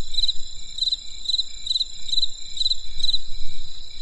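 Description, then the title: Insect chirps, short buzzy triplets repeated about every half second over a continuous high ringing tone, low rumble beneath. Crisp insect sounds on a winter night in the countryside. "There was a crisp sound of insects in the winter night. Come and experience a sound therapy feast from the countryside"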